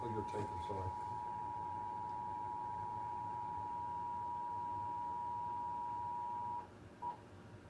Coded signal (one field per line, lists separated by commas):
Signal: Emergency Alert System (SAME) tones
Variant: 853 and 960 Hz attention tone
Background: speech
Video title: Northern Virginia RMTs(EAS 40-41)